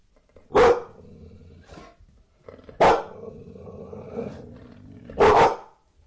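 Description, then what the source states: Dogs barking and growling: three loud, harsh barks come about every two and a half seconds, with low rumbling growls running between them. Several dogs growling and barking.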